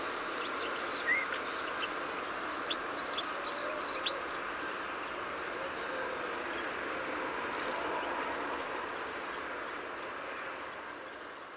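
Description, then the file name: Bluethroat calls: a run of quick, high chirping notes in the first four seconds, a few fainter ones up to about eight seconds, over a broad, constant background hiss. Recorded at Eilat, Israel, on 24 February 2019. "bthroat svecica. isr eilat"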